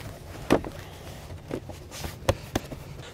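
A plastic K-Source Snap and Zap clip-on towing mirror shell is pushed down by hand over the factory side mirror of a 2021 Ram 1500. Sharp clicks at 0.5 s, 2.3 s and 2.6 s are the clips locking into place, with a few fainter taps in between. The clips lock, but the shell is not fully seated on the bottom edge of the mirror.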